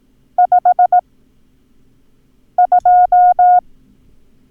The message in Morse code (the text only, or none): 52